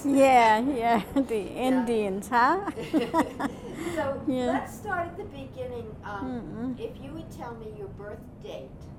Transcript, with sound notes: Yeah, yeah, the Indians, huh? [Laughs]
So, let's start at the beginning. If you would tell me your birth date.